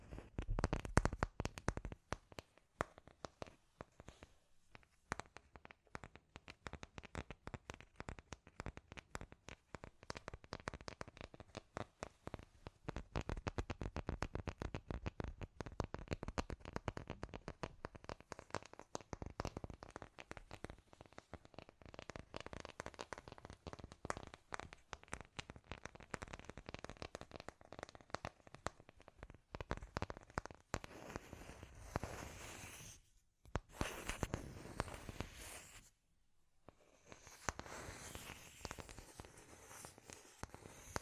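Scratchy tapping runs almost without pause, a dense rapid stream of sharp crackling clicks spread from low to bright. The texture stays busy and irregular through the first half, thins slightly later, and breaks into two short silences near 33 and 36 seconds.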